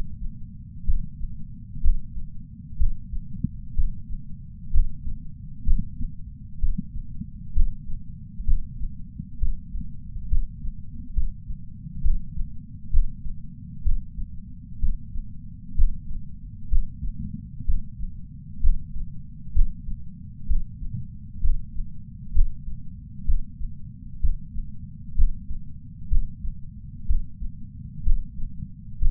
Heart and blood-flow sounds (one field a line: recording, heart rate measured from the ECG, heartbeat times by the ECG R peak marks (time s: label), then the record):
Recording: heart sounds by patch sensor on the chest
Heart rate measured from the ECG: 64 bpm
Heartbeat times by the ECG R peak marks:
0.87 s: heartbeat
1.83 s: heartbeat
2.79 s: heartbeat
3.76 s: heartbeat
4.73 s: heartbeat
5.66 s: heartbeat
6.61 s: heartbeat
7.55 s: heartbeat
8.46 s: heartbeat
9.40 s: heartbeat
10.30 s: heartbeat
11.15 s: heartbeat
12.03 s: heartbeat
12.92 s: heartbeat
13.85 s: heartbeat
14.81 s: heartbeat
15.77 s: heartbeat
16.71 s: heartbeat
17.67 s: heartbeat
18.62 s: heartbeat
19.54 s: heartbeat
20.48 s: heartbeat
21.42 s: heartbeat
22.34 s: heartbeat
23.27 s: heartbeat
24.22 s: heartbeat
25.17 s: heartbeat
26.10 s: heartbeat
27.08 s: heartbeat
28.05 s: heartbeat
29.00 s: heartbeat
From the record:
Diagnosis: coronary artery disease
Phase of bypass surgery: preoperative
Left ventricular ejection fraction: 60.1%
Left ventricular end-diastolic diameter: 44 mm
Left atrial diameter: 31 mm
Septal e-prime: 6.8 cm/s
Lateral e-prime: 9.8 cm/s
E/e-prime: 5.9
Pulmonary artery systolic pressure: 20 mmHg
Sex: male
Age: 60 years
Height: 167 cm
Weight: 58 kg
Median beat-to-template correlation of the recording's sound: 0.95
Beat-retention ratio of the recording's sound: 0.99